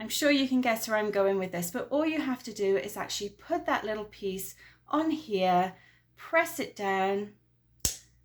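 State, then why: Seated. Someone talks while the plastic cap of a gel food colouring bottle is turned over and its little inner piece is pressed down onto the bottle's sealing pull tab. A single sharp click at 7.8 s marks the piece seating and punching a hole in the seal.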